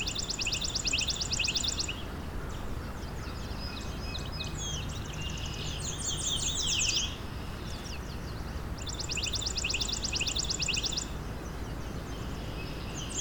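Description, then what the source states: Chipping Sparrow song: long mechanical trills of identical fast chips, with a more varied, musical warbler song filling the gap between them against a constant low rumble. Recorded in spring at Long Point Provincial Park, at the very end of the migration season, on a migration flyway; a yellow warbler sings nearby.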